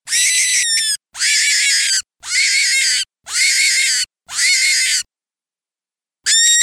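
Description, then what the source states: Cottontail rabbit distress call: five shrill, harsh screams of about a second each in steady succession, then a short silence before another scream begins. Cottontail rabbit giving a distress call.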